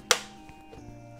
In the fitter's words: there we go so it's all clicked in